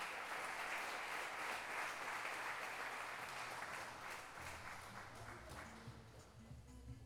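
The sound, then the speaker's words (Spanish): A crowd at a pluricultural gathering in Salta claps for the indigenous communities in a steady, dense, continuous wash of applause, loud at first and gradually thinning a little toward the end, with faint murmuring voices underneath. “Así que bueno, un aplauso para las comunidades de los pueblos originarios.”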